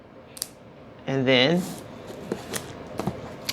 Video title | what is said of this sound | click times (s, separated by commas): How to make a Cheap DIY Nail Practice Hand with Removable Tips- Self Taught /Beginner Nail Tech | wiggle it until you hear it snaps snap apart | 0.4 s